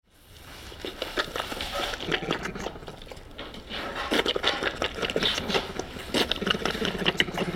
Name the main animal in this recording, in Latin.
Melursus ursinus